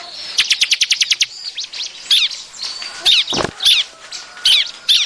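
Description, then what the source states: Bar-winged prinia opens with a quick series of about ten evenly spaced high ticks, then looser sharp chirps and whistled notes, with one brief broad burst of noise. Noisy calling, used as a lure to attract birds.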